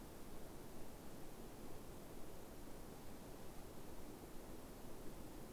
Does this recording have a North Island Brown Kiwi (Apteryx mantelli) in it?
no